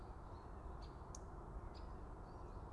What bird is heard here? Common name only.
Great Spotted Woodpecker